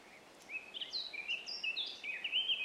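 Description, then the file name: Eurasian blackcap song: a fast, fluty warbled phrase of clear whistled notes lasting about two seconds. "Sylvia atricapilla"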